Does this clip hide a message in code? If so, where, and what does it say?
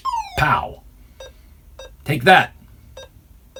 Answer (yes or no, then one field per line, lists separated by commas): no